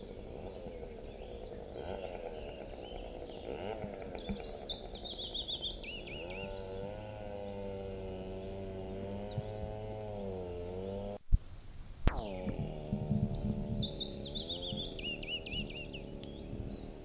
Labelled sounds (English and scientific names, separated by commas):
Willow Warbler (Phylloscopus trochilus) song